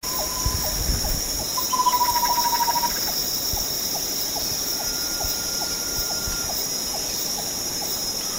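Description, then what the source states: Chestnut-winged babbler giving a rapid run of low, steady-pitched hooting notes, amid dense insect drone and a regular ticking pulse. Sepilok, Borneo, 6 August 2009.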